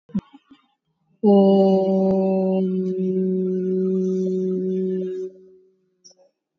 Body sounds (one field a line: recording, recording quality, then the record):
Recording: sustained vowel as in boot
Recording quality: excellent, no background noise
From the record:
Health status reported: COVID-19 positive, no symptoms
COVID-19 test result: positive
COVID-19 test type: RT-PCR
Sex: female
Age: 34 years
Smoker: no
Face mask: worn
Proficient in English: yes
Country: India